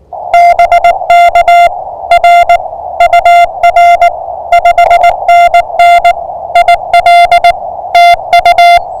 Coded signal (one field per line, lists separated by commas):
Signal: Morse code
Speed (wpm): 21 wpm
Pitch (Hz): 660 Hz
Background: music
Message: BK R UR 5NN IL TU